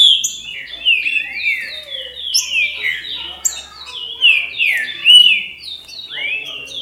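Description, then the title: Green-winged saltator song, a continuous tumbling stream of warbled, slurred whistles rising and dropping with varied loudness. "Trinca Ferro"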